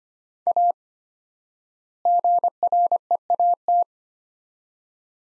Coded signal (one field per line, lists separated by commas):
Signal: Morse code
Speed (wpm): 25 wpm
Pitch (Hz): 700 Hz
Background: none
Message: A GREAT